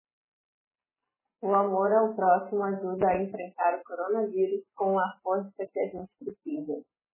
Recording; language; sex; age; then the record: spoken sentence; Brazilian Portuguese; female; 30 to 39 years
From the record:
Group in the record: control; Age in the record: 36 years